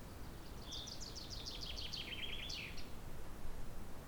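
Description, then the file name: Common chaffinch song: a rattling series of descending notes ending in a short flourish, over steady low rumbling background noise. "Fringilla coelebs"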